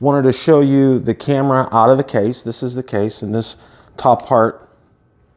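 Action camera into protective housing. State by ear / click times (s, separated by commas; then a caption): not seated / none. A DJI Osmo Action camera is handled out of its plastic protective case while someone talks over it, with the top part of the case that holds the camera in place shown. Only speech is heard and no sudden sounds occur. The camera has not yet been placed in the housing, so nothing has seated or snapped in yet.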